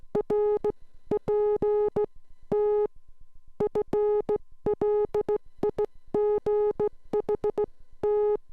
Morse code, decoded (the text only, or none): RPT FLIGHT